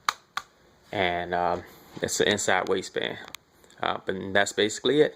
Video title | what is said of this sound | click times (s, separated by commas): EDC (Every Day Carry) | a good positive click | 0.1 s